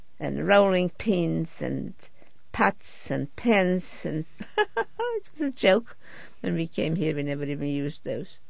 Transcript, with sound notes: and rolling pins and pots and pans and ( she laughs ) it's a joke. When we came here we never even used those.